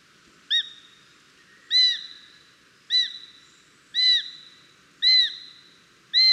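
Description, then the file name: Eurasian sparrowhawk giving a steady series of sharp, arched, high-pitched notes, roughly one per second, each followed by a brief echoing tail. "sperwer"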